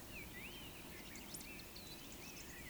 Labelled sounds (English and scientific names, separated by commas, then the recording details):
Eurasian Woodcock (Scolopax rusticola) whistle
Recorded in Baden-Württemberg, Germany, on 9 June 2021 at 19:40 UTC
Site 25175, 602 m above sea level